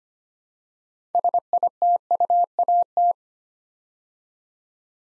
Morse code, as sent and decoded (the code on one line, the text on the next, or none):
... .. - ..- .- -
SITUAT